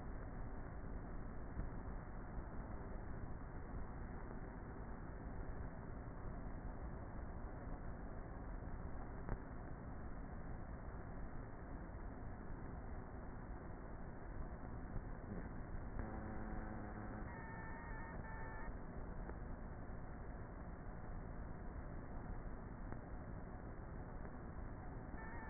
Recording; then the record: honeybee colony, microphone inside the hive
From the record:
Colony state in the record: queenless with a low population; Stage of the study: before two queens were removed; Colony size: about 30,000 bees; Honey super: no